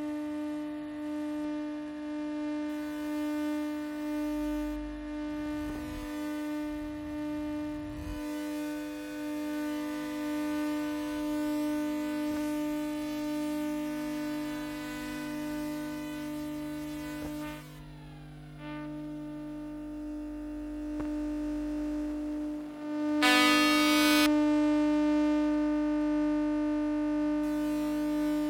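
An electromagnetic recording from tram 13 in Oslo: a steady electrical hum with stacked, unwavering tones and a low drone. Around 18 seconds a tone sweeps downward and the level dips briefly, and near 23 seconds a bright burst of hiss swells louder.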